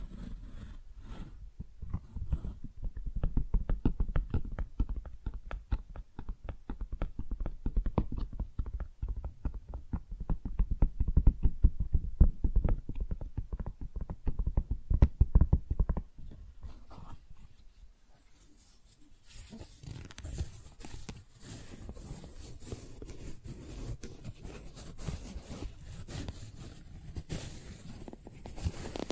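Tingly flower sounds: dense low crackling and tapping for about seventeen seconds, a brief hush, then softer, brighter rustling hiss to the end.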